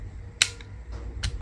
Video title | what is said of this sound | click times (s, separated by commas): 40 jours pour finaliser ce projet completement fou! ça passe ou ça casse. Version corrigée!! | Donc là, on entend le clac, la petite pièce ici qui vient se bloquer. | 0.4 s